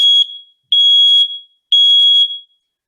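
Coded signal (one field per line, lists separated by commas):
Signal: alarm pattern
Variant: smoke and CO alarm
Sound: three shrill high-pitched beeps, about half a second each, with short gaps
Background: small room echo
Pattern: 3 short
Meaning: Three beeps in temporal-three pattern signal smoke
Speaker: three beeps smoke four beeps carbon monoxide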